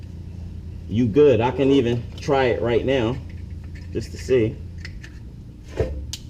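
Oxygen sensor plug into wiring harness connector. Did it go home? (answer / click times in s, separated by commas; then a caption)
yes / 6.1 s. A person talks while test-fitting the electrical plug of a new rear oxygen sensor into the wiring harness connector of a 2002 Volkswagen Jetta. After a couple of faint ticks around 4.9 s and 5.0 s, a sharp snap is heard at 6.1 s as the plug snaps in and seats.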